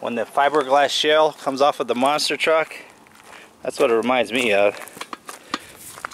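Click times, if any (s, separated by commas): 5.5 s, 6.0 s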